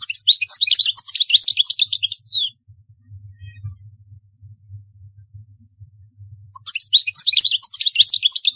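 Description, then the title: European goldfinch song in two long bursts of dense, tinkling twitter and buzzes, split by a quiet four-second pause with low hum. "Chant Chardonneret"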